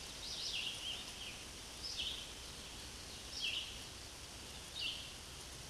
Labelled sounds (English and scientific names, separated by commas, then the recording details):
Scarlet Tanager (Piranga olivacea) song
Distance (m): 65 m
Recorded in a Pennsylvania forest on 19 May 2023 at 11:02
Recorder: AudioMoth, point grid1_27_low
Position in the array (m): 189 m, 39 m